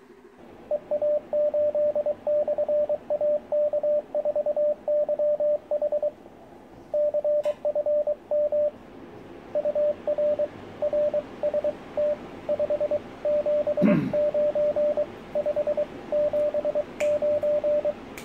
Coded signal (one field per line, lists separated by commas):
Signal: Morse code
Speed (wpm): 23 wpm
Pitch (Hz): 590 Hz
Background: radio noise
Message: EA8/AK4YH CFM UR RST 579 579